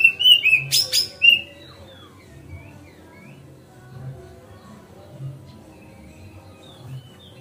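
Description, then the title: Oriental magpie-robin song opening with loud varied whistles and harsh buzzy notes in quick succession, then fading to soft scattered chirps over a low hum. Song tutoring (masteran), on a terrace. "Kacer Masteran Teras"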